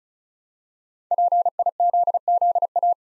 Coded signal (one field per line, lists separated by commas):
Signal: Morse code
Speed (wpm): 36 wpm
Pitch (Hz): 700 Hz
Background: none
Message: PIZZA